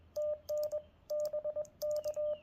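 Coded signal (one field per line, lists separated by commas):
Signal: Morse code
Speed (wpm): 21 wpm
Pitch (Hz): 600 Hz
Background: radio noise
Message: TN BK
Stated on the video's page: Park activation in CW with QRPLabs QMX, paddle, JPC7 dipole, solar battery.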